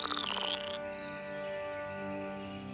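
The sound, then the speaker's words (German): Frogs croak in a short, dense burst of buzzing, pulsing trills lasting about half a second. The calls then drop away, leaving a quieter, steady tonal background with no voices. “So waren es rechte Frösche und sprangen an Land.”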